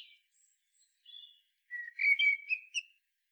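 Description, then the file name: Common blackbird song: faint high notes at first, then a louder warbled whistle closing with several sharp high twitters. "Turdus merula"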